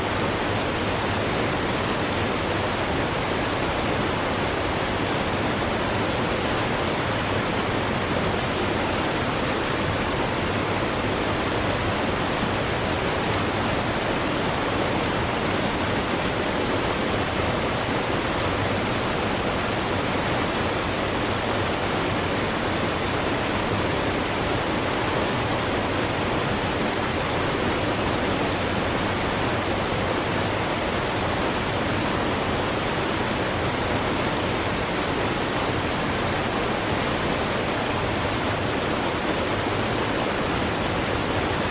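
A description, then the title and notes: A waterfall roars without a break, a dense, unchanging rush of falling water filling everything from the low rumble to the bright hiss. The level holds steady for the whole forty seconds, close and enveloping, with no separate splashes or other sounds standing out. Waterfall Sound.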